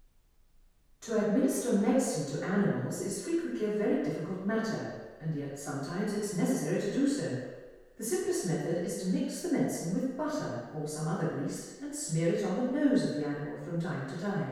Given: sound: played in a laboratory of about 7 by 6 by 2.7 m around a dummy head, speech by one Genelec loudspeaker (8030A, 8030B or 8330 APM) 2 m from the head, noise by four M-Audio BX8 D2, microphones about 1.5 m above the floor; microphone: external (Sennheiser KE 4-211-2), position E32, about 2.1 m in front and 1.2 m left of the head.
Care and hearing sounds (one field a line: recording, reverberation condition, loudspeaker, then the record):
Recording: female speech in English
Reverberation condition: high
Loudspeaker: behind (180 degrees)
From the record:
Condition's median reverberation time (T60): about 1300 ms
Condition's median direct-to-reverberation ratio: about -4.0 dB